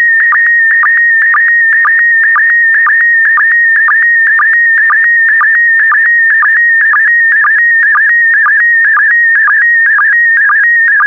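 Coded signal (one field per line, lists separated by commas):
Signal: SSTV (slow-scan television)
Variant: PD120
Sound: continuous warbling tone around 1.9 kHz with a rhythmic lower click twice per second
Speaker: transmission complete you can now check your decoded image against the picture that is shown on the video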